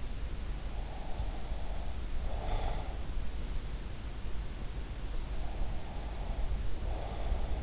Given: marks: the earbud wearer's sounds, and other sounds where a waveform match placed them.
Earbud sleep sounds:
sounds in sleep by an in-ear microphone; breath
0.73-2.97 s: breath
5.41-7.63 s: breath

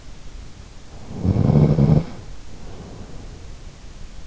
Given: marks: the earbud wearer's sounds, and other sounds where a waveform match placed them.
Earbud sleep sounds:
sounds in sleep by an in-ear microphone; snoring breath
0.96-3.49 s: snoring breath

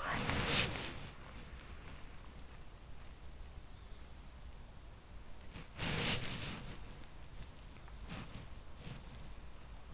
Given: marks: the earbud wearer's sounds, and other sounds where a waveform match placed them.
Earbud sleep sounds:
sounds in sleep by an in-ear microphone; body movement
0.00-1.06 s: body movement
5.46-6.63 s: body movement
8.04-9.00 s: body movement

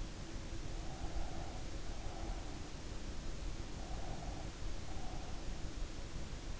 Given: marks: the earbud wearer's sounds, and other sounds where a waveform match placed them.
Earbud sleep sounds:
sounds in sleep by an in-ear microphone; breath
0.99-2.76 s: breath
3.82-5.59 s: breath

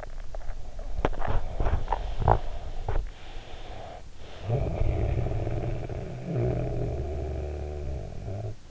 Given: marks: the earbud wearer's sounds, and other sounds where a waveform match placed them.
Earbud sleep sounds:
sounds in sleep by an in-ear microphone; snoring breath, teeth grinding
0.00-3.15 s: snoring breath
0.08-4.22 s: teeth grinding
3.42-8.71 s: snoring breath

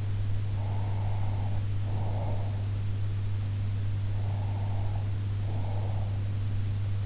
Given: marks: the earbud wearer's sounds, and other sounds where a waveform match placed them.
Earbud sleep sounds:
sounds in sleep by an in-ear microphone; breath
0.46-2.69 s: breath
4.01-6.18 s: breath

